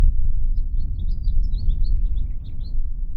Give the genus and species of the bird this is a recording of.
Haemorhous mexicanus